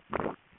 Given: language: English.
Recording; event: throat vibration sensor signal played as sound; swallow